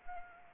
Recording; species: mosquito wingbeat signal from an infrared sensor; Anopheles arabiensis